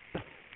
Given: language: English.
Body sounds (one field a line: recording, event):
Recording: throat vibration sensor signal played as sound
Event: cough